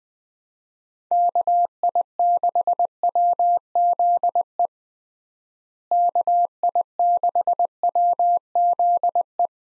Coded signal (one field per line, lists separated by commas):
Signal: Morse code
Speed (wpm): 21 wpm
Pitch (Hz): 700 Hz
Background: none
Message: KI6WZE KI6WZE